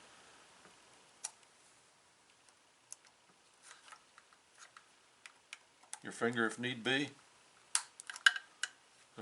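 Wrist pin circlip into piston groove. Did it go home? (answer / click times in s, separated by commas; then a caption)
yes / 7.8 s, 8.3 s. A steel wrist-pin circlip is pushed and twisted into the piston groove with a thumb held on it, while setting the cylinder on a Farmertec 365/372 parts kit build, as someone talks. Light scrapes and ticks lead up to sharp snaps at 7.8 s and 8.3 s as the circlip seats in the groove. It is then checked and found totally seated.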